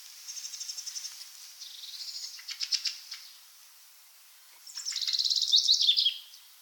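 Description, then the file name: Common chaffinch singing: a rapid series of high repeated notes drops into lower phrases. After a pause, a second song follows. "Fringilla coelebs"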